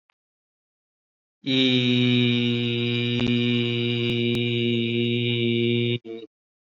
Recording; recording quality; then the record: sustained vowel as in beet; excellent, no background noise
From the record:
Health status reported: COVID-19 positive, no symptoms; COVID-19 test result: positive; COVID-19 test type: RT-PCR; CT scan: not taken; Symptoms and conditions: none ticked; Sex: male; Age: 44 years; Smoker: yes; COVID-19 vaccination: both doses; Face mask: worn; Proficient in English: no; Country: India